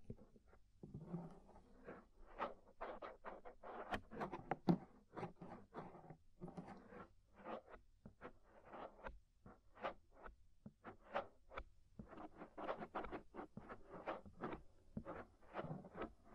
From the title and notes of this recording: Inner and Outer Ear Scraping (No Talking).